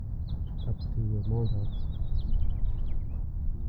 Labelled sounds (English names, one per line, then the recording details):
House Finch song
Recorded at Atlantic Beach West on Long Island, New York, on 2 June 1975
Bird B